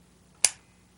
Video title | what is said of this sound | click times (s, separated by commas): The Art Of Being Human #519 | and it snaps. | 0.5 s